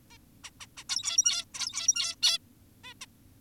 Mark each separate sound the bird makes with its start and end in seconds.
0.11-0.18, 0.44-0.50, 0.60-0.66, 0.77-0.84, 0.90-1.45, 1.54-2.16, 2.23-2.38, 2.84-2.94, 3.02-3.06